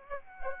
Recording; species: mosquito wingbeat signal from an infrared sensor; Aedes aegypti